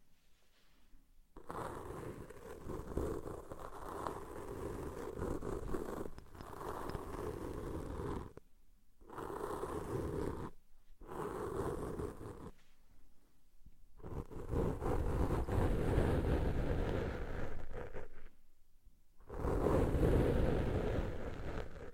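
Deep ear cleaning: dense, rumbling scratching and rubbing with a heavy low end, coming in long bursts of two to five seconds. Short silent breaks cut between them, around 1, 8.5, 10.5, 14 and 19 seconds, and the final burst is the loudest.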